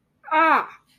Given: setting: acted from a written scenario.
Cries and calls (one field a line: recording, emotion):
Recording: vocal sound without words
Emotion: pain